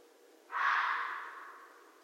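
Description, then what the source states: Red fox giving one rough, raspy bark with an abrupt onset and a slow fade; only a faint hum otherwise. Recorded on 13 January 2012.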